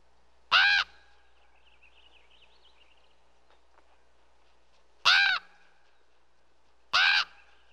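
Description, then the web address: Crow giving harsh, hoarse caws, three separate calls spaced a few seconds apart, with faint chirping of small birds in between. "ворона"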